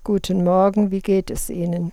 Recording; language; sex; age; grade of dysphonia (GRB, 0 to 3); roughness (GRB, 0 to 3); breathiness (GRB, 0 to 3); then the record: spoken sentence; German; female; 50 to 59 years; 0; 0; 0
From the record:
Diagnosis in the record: psychogenic dysphonia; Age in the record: 58 years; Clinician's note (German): Ponogen